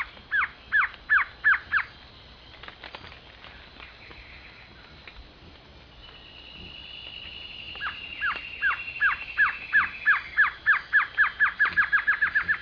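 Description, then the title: Glossy antshrike bouncing series of sharp notes, a short run at the start and a longer accelerating run later, over a drawn-out high whine. Nominate subspecies, assumed from location. "LuckyPassaro Completos2Sama. Glossy Antshrike (Sakesphorus luctuosus luctuosus (ssp assumed from location))"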